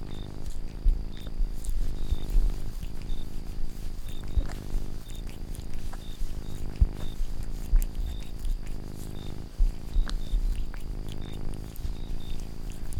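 Domestic cat purring steadily, low rumbling phases alternating in a regular rhythm, with scattered light clicks and taps.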